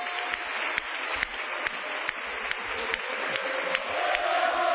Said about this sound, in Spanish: Aproximadamente unos 200-300 seguidores del Partido Socialista se encuentran aquí en el Círculo de Bellas Artes aplaudiendo y aclamando ahora a Rafael Simancas, que ha confirmado que faltan votos por contar.